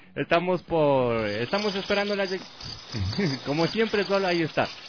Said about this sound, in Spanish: Póngale grillos.